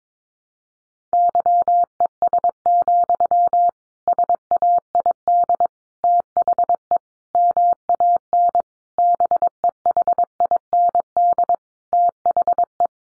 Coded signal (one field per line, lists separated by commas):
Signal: Morse code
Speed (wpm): 22 wpm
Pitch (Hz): 700 Hz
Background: none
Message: YES, SAID THE MAN BEHIND THE